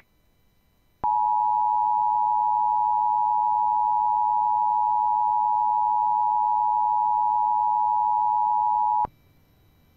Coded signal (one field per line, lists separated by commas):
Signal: Emergency Alert System (SAME) tones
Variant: 853 and 960 Hz attention tone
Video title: (9/11/21 and 9/14/21) Practice Demo & Civil Authority Alerts (EAS 279-281)